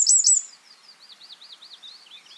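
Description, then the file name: Eurasian wren giving a quick burst of very high, sharp notes at the start, followed by a fainter, wavering high trill that rises and falls. "Troglodytes troglodytes"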